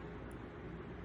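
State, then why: Not seated. A smartphone component is fitted into the frame of a Galaxy J4 Plus, tilted in at 45 degrees to match the triangle-shaped fitting and pressed down, with a steady low broadband hum in the background. Nothing has seated or clicked yet; the part is still being handled and has not gone home.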